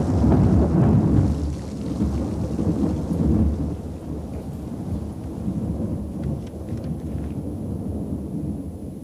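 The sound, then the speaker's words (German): A deep, heavy rumble of thunder follows a lightning strike on a stormy night, rolling through steady rain, loudest at the start and lingering as a low grumble, with rain hissing continuously throughout and no voices. “schmetterte ein Blitz nieder, straßenweit die stürmische Nacht erhellend. Hinter ihm krachte, als risse er den ganzen Himmel mit sich heran.”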